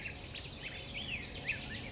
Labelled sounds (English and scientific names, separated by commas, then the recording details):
Oak Titmouse (Baeolophus inornatus)
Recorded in Sonoma County, California